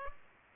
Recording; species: mosquito wingbeat signal from an infrared sensor; Culex pipiens